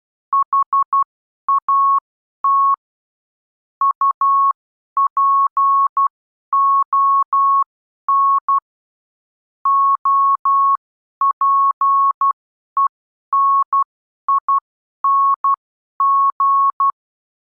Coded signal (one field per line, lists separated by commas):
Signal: Morse code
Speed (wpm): 12 wpm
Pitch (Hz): 1100 Hz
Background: none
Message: HAT UPON OPENING